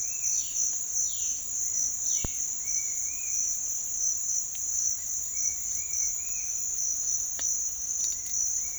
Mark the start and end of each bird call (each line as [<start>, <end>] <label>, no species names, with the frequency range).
[0.28, 3.42] bird call (1.7-5.1 kHz)
[5.25, 6.46] bird call (1.5-2.9 kHz)
[8.18, 8.78] bird call (1.4-2.7 kHz)